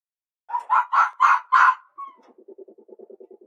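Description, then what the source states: Red fox barks: five harsh, hoarse barks in quick succession, then a short falling note and a fast run of lower, softer pulses. Played back as an example call.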